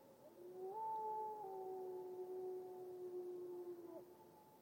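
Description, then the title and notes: Grey wolf giving a long, smooth, mournful howl that rises, steps slightly lower and holds a steady tone for a few seconds, then fades. Lone grey wolf howling in the late morning in a glacial valley with natural reverb, Washington, Northwest United States. "A lone Grey Wolf howls in the late morning, losing itself to the natural reverb of a glacial valley"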